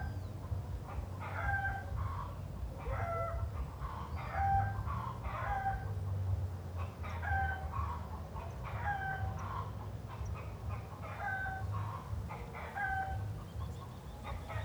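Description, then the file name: Chickens clucking and cackling in short harmonic phrases, several birds overlapping at an irregular pace, over a steady low rumble. Hens cackling in the city. "Galinhas cacarejando na cidade"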